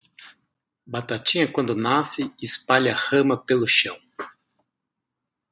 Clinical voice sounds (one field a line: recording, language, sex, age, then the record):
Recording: short text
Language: Brazilian Portuguese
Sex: male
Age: 50 to 59 years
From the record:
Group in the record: control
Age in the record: 51 years